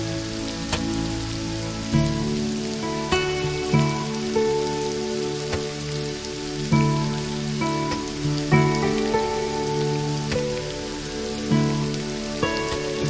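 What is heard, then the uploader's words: Slow, soft meditation music with low sustained tones shifting every couple of seconds, over a steady hiss of even rainfall. Soothing Meditation Music and Soothing Rain Sounds.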